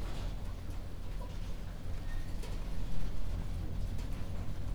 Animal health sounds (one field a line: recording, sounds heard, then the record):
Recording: poultry house recording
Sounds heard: healthy chickens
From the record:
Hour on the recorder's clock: 22